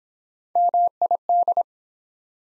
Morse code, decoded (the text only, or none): MID